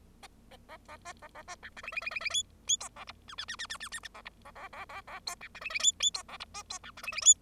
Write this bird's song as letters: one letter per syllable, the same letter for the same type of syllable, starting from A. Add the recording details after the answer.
A A A B A A B C D E E E E E F F G A H I I I I I I I I A H A A A A A G C D E E F F G A H B G C D E E F. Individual Bird0